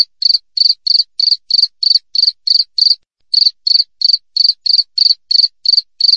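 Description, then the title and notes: Cricket chirping, a brisk run of high, uniform pulses roughly three per second with a single brief gap. Clear natural cricket chirping with tightly spaced pauses, made as a master track for training songbirds and for driving away rats. "Masteran Jangkrik Alam Jernih, Jeda Rapat Cocok Untuk Masteran Burung Dan Mengusir Tikus. suara jangkrik"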